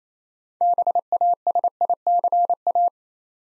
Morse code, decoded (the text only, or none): BASICA